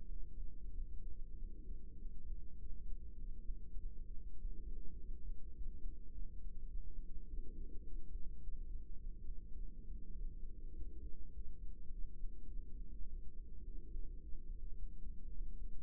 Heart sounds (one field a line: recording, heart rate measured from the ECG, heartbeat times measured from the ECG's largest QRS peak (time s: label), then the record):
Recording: heart sounds by microphone in the right ear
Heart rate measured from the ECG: 103 bpm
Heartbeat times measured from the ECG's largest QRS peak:
0.07 s: heartbeat
0.70 s: heartbeat
1.34 s: heartbeat
1.96 s: heartbeat
2.56 s: heartbeat
3.16 s: heartbeat
3.76 s: heartbeat
4.37 s: heartbeat
4.95 s: heartbeat
5.53 s: heartbeat
6.10 s: heartbeat
6.67 s: heartbeat
7.25 s: heartbeat
7.82 s: heartbeat
8.39 s: heartbeat
8.95 s: heartbeat
9.53 s: heartbeat
10.13 s: heartbeat
10.73 s: heartbeat
11.31 s: heartbeat
11.89 s: heartbeat
12.47 s: heartbeat
13.05 s: heartbeat
13.63 s: heartbeat
14.19 s: heartbeat
14.74 s: heartbeat
15.29 s: heartbeat
From the record:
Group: healthy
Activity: rest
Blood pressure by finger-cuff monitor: 109/61 mmHg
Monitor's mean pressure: 81 mmHg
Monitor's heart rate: 103 bpm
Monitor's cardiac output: 9.2 L/min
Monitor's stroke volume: 91 mL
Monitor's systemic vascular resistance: 640 dyn s/cm5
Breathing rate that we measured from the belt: 20 breaths a minute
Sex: female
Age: 24 years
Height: 163 cm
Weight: 55.7 kg